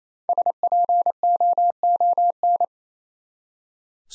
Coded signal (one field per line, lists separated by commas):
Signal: Morse code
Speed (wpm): 28 wpm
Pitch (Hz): 700 Hz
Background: none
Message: SPOON